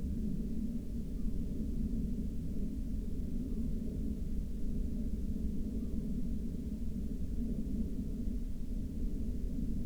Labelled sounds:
bird, aircraft
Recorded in the Prudhoe Bay oil fields, Alaska, on 16 August 2019 at 04:11
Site 13

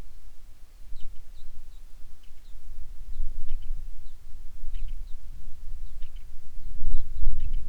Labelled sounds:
songbird
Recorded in the Prudhoe Bay oil fields, Alaska, on 10 July 2019 at 09:36
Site 11

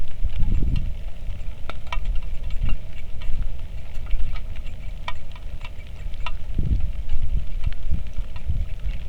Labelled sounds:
wind, rain, animal
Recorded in the Arctic National Wildlife Refuge, Alaska, on 3 August 2019 at 09:31
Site 46

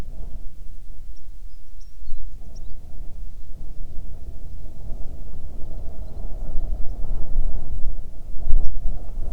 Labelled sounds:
songbird, wind
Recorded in the Prudhoe Bay oil fields, Alaska, on 9 June 2019 at 16:35
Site 21

